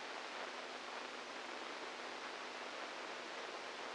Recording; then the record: brain microelectrode recording played as sound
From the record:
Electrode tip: outside the subthalamic nucleus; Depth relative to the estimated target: -4 mm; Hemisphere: right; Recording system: NeuroSet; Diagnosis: Parkinson's disease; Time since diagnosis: 8 years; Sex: male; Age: 46 years